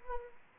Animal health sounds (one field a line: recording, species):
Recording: mosquito wingbeat signal from an infrared sensor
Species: Anopheles arabiensis